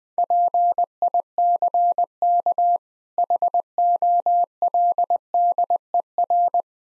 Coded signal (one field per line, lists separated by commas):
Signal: Morse code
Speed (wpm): 20 wpm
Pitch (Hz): 700 Hz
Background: none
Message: PICK HOLDER